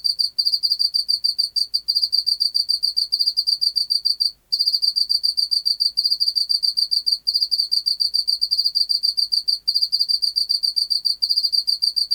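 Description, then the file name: Pacific field cricket calling song, continuous high pulsed trills with short gaps every second or two and one longer pause. "Teleogryllus oceanicus"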